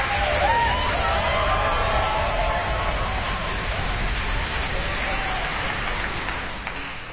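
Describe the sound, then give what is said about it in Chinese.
A large concert audience applauds steadily after the programme ends, dense clapping filling the whole stretch with faint cheers mixed in, easing off slightly at the end as they call conductor Michael Tilson Thomas back to the stage for an encore. “在大家的掌声呼唤下，指挥家蒂尔森·托马斯再次走上舞台。”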